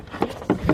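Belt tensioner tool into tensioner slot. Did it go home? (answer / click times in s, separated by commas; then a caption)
no / none. A tool is worked into the slot on the belt tensioner of a 2007 Chevy Impala 3.5 during a water pump replacement, giving short knocking and scraping contacts at about 0.2, 0.5 and 0.7 seconds. The tool has not gone in far enough, and nothing has seated or clicked into place yet.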